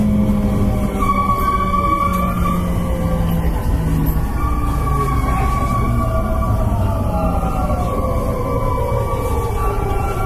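A JR Kobe Line rapid train runs with a steady, heavy low rumble throughout. Whining motor tones sit above it, holding pitch early on and then sliding slowly downward in several layers during the second half, with faint clatter mixed in.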